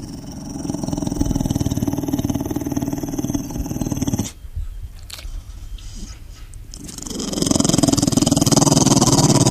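Rough, fluttering low rumble from an idle, resting pit bull, pausing briefly midway, then resuming: ordinary dog snoring.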